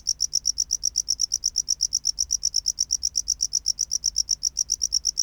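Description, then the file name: Tropical house cricket singing a fast, even train of high-pitched chirps. "Bio Acoustica Gryllodes sigillatus"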